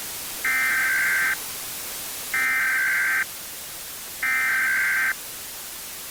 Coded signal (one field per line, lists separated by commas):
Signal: Emergency Alert System (SAME) tones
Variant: header bursts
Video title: EAS Scenario- DON’T TRUST ANYONE…